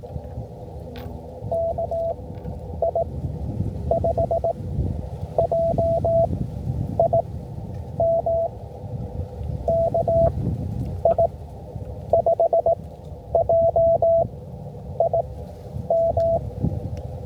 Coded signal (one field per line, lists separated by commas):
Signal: Morse code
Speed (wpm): 16 wpm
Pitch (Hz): 670 Hz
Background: none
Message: KI5JIM KI5JIM